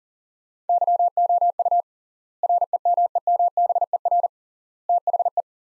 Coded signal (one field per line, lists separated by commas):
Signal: Morse code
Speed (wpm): 40 wpm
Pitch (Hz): 700 Hz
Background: none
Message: YOU REMEMBER THE